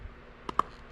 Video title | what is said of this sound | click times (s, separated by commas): Replace your 12v proprietary battery hack for small tools | And it should just click | 0.6 s